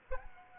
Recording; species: mosquito wingbeat signal from an infrared sensor; Aedes aegypti